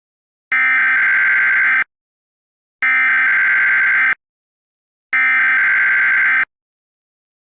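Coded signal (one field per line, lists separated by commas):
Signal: Emergency Alert System (SAME) tones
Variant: header bursts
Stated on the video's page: Fictional EAS scenario about a Saint Louis tornado disaster.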